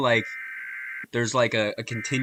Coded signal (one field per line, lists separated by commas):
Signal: Emergency Alert System (SAME) tones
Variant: header bursts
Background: speech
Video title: watching EAS scenarios and hanging out part 3